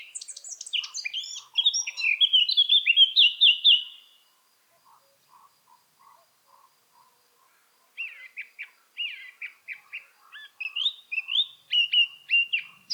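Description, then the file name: Eurasian blackcap singing two bursts of rapid warbling, the first ending in fluty whistles, separated by a few seconds of soft, spaced single notes. "Sylvia atricapilla"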